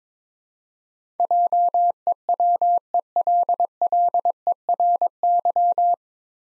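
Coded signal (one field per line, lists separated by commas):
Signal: Morse code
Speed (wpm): 22 wpm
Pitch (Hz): 700 Hz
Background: none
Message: JEWELLERY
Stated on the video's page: Head-copy Morse drill of nine-letter words at 22 wpm, each word sent, spoken, then sent again.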